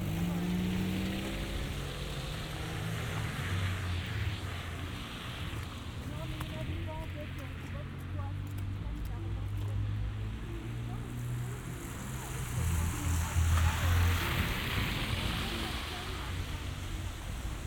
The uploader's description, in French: Balade binaural dans le Montréal de l'hiver